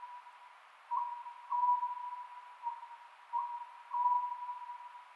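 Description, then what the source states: Oriental scops owl hooting, each phrase a quick note leading into a longer even tone, with a steady background tone throughout. Recorded 27 May 2010 at 22:21.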